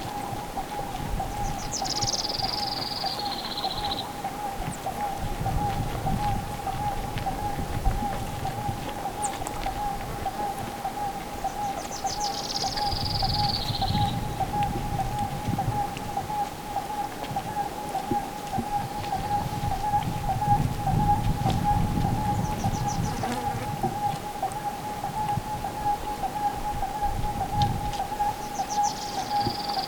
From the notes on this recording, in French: Bolivie, Sud Lipez, au bord du "Lago Misterioso", un oiseau s'exprime.